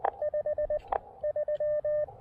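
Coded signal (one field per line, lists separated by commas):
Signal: Morse code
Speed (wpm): 19 wpm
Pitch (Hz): 590 Hz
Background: radio noise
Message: 53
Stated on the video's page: Morse from a POTA park activation using a KX2 transceiver with AX1 antenna.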